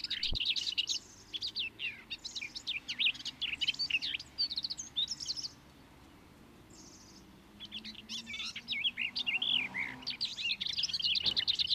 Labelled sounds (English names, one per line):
Garden Warbler song